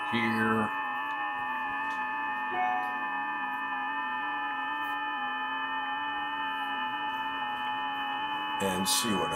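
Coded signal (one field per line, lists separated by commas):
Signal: FT8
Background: speech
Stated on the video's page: FT8 signals from POTA stations received on an Icom 7610 on 20 meters.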